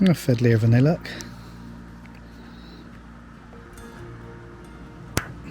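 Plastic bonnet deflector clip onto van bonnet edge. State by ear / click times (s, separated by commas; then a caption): seated / 5.2 s. Someone talks briefly as a plastic mounting clip for a bonnet deflector is pressed and fiddled onto the edge of a Crafter 2 van's bonnet, and these clips are delicate. After a stretch of quiet handling over a low steady hum, the clip gives one sharp click at 5.2 s and is seated in place.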